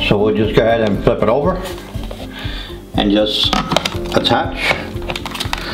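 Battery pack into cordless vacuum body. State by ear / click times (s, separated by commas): not seated / none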